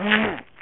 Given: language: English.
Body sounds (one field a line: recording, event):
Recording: throat vibration sensor signal played as sound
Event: throat clearing